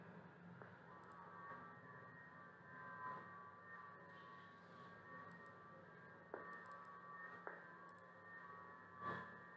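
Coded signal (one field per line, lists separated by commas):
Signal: FT8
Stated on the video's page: FT8 test transmission from a uBitx transceiver running WSJT-X through two USB sound cards.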